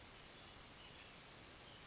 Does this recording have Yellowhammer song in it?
no